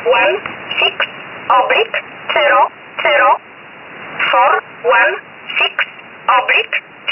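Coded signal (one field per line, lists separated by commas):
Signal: numbers station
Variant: E11 Oblique, English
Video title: 13 05 2019 E11 Oblique Numbers station in English 0450 on 7469 unknown tx site in USB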